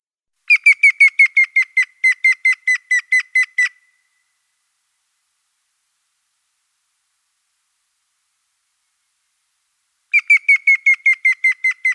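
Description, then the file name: Grey-headed woodpecker calling in a long even series of about fourteen quick whistled notes, slowly dropping in pitch, repeated after a silent pause of several seconds. Russia. "Pticy Rossii - Sedoj dyatel Picus canus"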